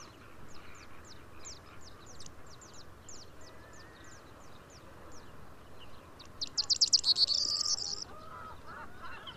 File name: Mathias Ritschard - Prosyanka Emberiza calandra